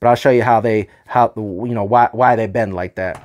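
Someone talks throughout while handling the right plastic bat wing of a 1995 Kenner Batman Forever toy Batwing, which will later be pushed into the side of the toy aircraft body. Only speech is heard, with no distinct click, and nothing has seated or clicked yet.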